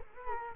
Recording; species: mosquito wingbeat signal from an infrared sensor; Culex quinquefasciatus